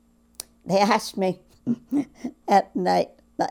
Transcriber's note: laughs